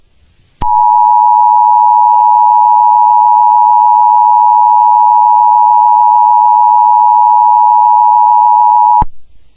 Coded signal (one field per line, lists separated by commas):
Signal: Emergency Alert System (SAME) tones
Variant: 853 and 960 Hz attention tone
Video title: May 24 | An EAS Scenario